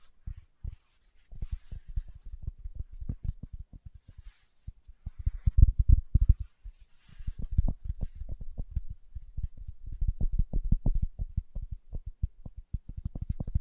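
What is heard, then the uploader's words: Fingertips tap in quick, irregular bursts, each tap a soft, low thud with a faint click on top. The tapping runs nearly nonstop, pausing briefly around the one-, five- and seven-second marks, with a faint hiss sitting behind it. ASMR Tapping with Fingertips (No Talking).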